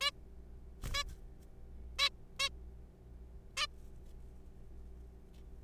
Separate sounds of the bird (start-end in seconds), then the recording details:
0.01-0.11, 0.94-1.03, 1.99-2.09, 2.40-2.49, 3.57-3.67. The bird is a juvenile. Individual R3428